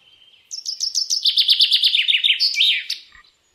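Common chaffinch song: a quick run of bright repeated notes descending in pitch and speeding up, ending in a short flourish, all within about two and a half seconds.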